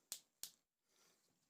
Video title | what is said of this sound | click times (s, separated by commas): G.I. Joe Classified: Storm Shadow Amazon Exclusive - Figure Give Away! - Saturday Morning Cartoons | you hear that click he clicks forward | 0.1 s, 0.4 s